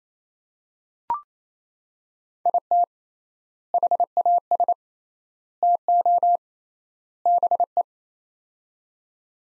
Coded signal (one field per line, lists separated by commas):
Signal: Morse code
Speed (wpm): 28 wpm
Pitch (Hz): 700 Hz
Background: none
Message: IT HAS TO BE